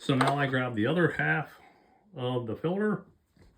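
Someone talks while picking up the other half of an Egan Performance aftermarket air filter kit, the plastic filter base, to press onto the filter on a Stihl 362/400 chainsaw. Only quiet handling is heard, with a faint short sound at 3.6 s as the clip ends. Nothing has seated or clicked yet.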